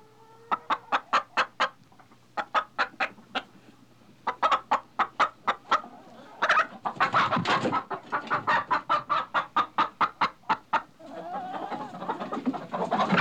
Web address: chicken gets excited and flapping of wings